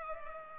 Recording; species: mosquito wingbeat signal from an infrared sensor; Culex pipiens